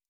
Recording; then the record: hydrophone in a shrimp aquaculture tank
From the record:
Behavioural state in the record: stressed